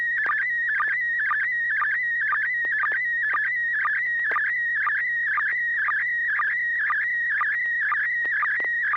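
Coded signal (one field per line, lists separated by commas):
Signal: SSTV (slow-scan television)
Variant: PD mode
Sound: warbling, chirping tone near 2 kHz with a regular blip about twice a second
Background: low hum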